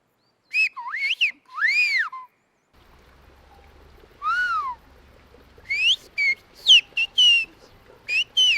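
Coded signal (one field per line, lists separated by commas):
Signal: whistled language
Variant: whistled Béarnais Occitan (Aas)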